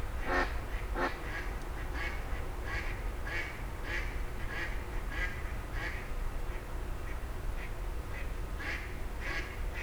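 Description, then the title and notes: Grey heron harsh notes, a couple of loud rasps at the start followed by softer scattered squawks, with a steady low traffic rumble throughout. Several grey herons exchanging calls at 04h00 in Fenouillet, France, as traffic gradually resumes. "44 Rue des Gourgues, 31150 Fenouillet, France - 04h00-Dialogue de Hérons cendrés. 04h00-Alors que la circulation reprend peu à peu, des hérons cendrés se font des politesses"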